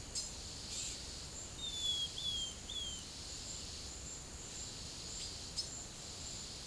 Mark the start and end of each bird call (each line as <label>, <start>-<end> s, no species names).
bird call, 0.13-0.29 s
bird call, 1.59-3.03 s